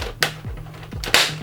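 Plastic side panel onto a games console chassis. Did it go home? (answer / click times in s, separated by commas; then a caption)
yes / 0.2 s. A plastic side panel is tipped forward onto its hooks on a games console chassis and pressed down until it latches, giving a sharp click at 0.2 s that seats it home. Softer knocks and a second loud snap follow near 1.0 and 1.1 s over a low steady hum, with no speech.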